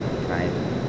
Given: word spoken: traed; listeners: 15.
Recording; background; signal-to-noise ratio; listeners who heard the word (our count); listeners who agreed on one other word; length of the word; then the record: one Spanish word in noise, from a listening test; speech-shaped noise; -4.7 dB; 0 of 15; 10 of 15; 0.49 s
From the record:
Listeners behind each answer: 10, 2, 2, 1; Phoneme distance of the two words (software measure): 27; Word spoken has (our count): 2 syllables, 5 phonemes, stress on syllable 2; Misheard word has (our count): 2 syllables, 4 phonemes, stress on syllable 2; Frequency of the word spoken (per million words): 0.12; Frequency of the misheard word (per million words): 65.01